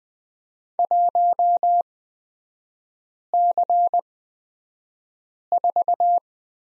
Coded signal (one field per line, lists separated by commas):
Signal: Morse code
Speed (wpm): 20 wpm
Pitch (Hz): 700 Hz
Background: none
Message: 1C4